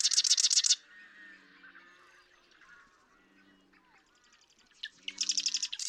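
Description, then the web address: Marsh Wren song: a loud dry rattling buzz opens and returns at the end, with quieter gurgling chatter and low croaking sounds in between. "birdsongforthecurious Marsh Wren"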